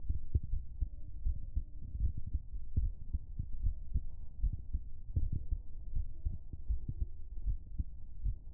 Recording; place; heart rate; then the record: heart sounds by stethoscope; pulmonary valve (PV); 80 bpm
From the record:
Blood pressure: 132/78 mmHg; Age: 33 years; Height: 158 cm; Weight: 55 kg